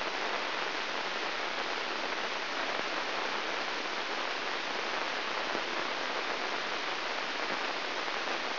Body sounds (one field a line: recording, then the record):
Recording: brain microelectrode recording played as sound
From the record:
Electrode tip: inside the subthalamic nucleus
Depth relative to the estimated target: -1 mm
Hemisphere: left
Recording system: AlphaMap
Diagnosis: Parkinson's disease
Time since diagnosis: 9 years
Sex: female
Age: 63 years